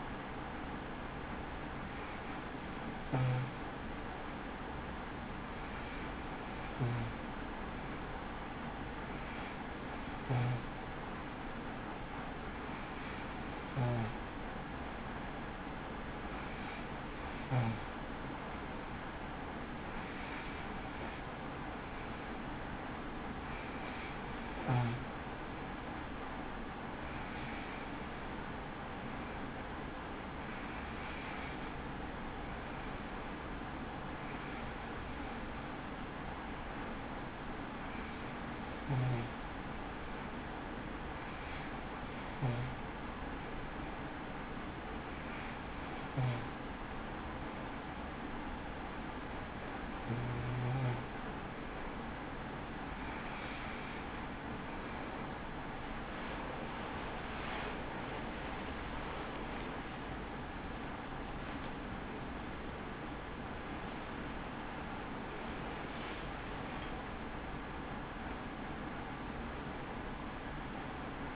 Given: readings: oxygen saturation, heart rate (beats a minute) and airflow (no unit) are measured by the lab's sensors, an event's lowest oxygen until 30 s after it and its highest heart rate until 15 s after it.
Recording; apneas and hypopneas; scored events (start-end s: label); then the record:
breathing in sleep by a voice recorder at the bedside; 1
25.00-63.00 s: hypopnea (N2, oxygen 93% highest, then 93% lowest)
54.00-71.36 s: new sleep stage, N1 (lightest sleep)
From the record:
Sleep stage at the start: N2 (light sleep); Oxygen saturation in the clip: 92 to 94%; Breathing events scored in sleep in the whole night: 83 in 6.1 hours asleep